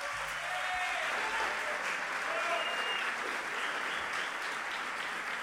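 An audience claps steadily in a dense, sustained wave of applause that fills the whole stretch at an even loudness, with scattered cheers and a low hum underneath.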